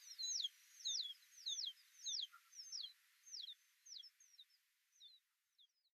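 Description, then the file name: Alpine accentor calling: a series of high, twittering rolled notes repeated about every half second, gradually becoming softer and more broken. Recorded at Norikura on 24 August 2021. "iwahibarin norikura kuroda"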